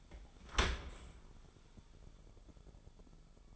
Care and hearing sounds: daily activity, microphone in the room; open dishwasher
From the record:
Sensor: 5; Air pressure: 1015.0 hPa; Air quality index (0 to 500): 161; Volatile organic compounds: 5 ppm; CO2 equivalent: 1742 ppm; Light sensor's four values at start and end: 38/91/37/41 and 38/90/37/40

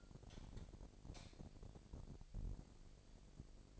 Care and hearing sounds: daily activity, microphone in the room; light on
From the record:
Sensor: 5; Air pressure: 1012.1 hPa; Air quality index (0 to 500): 247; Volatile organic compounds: 4 ppm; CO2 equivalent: 1656 ppm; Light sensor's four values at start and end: 39/90/38/40 and 40/94/39/41

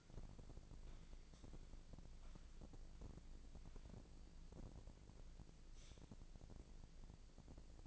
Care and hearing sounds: daily activity, microphone in the room; walk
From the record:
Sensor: 5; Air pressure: 1012.3 hPa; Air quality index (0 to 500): 157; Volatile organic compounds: 2 ppm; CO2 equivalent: 1078 ppm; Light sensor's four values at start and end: 298/714/305/341 and 293/704/301/335

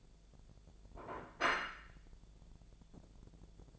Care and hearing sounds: daily activity, microphone in the room; place plate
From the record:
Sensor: 5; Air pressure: 1000.3 hPa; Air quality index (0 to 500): 121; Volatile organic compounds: 1 ppm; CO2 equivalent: 963 ppm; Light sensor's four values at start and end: 95/224/95/102 and 94/223/95/102

